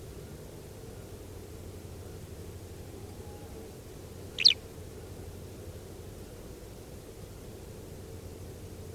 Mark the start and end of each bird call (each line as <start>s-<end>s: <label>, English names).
4.37s-4.57s: Eurasian Skylark